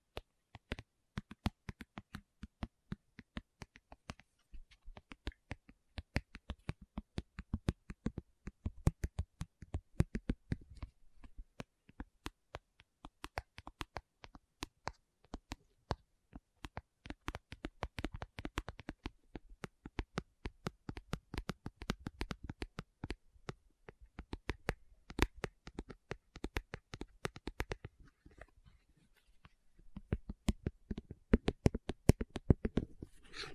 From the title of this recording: Tapping Session (No Talking)